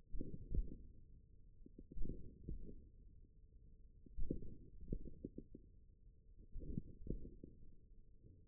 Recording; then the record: forearm muscle sounds (acoustic myography)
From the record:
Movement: tripod grip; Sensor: system 1, eight BSWA MPA416 microphones around the upper forearm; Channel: 7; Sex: male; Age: 41 years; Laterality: right